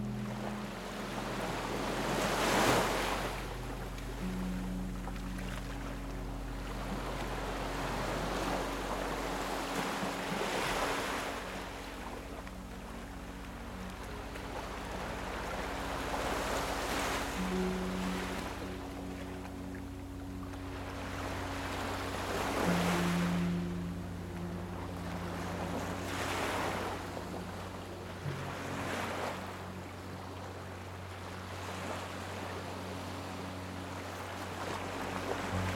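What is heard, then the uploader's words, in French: Ocean waves roll in and wash back, with fuller crashes around 3, 11, 17, 23 and 27 seconds and a softer hiss of surf between them. A low, steady hum with a few sustained tones runs underneath throughout. S'ENDORMIR au Son des VAGUES et une MUSIQUE Douce.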